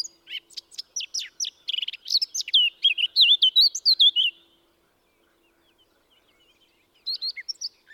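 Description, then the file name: Eurasian blackcap song: a fast jumble of scratchy notes building into clearer, looping whistles, then a pause and a brief new burst of warbling. "Sylvia atricapilla"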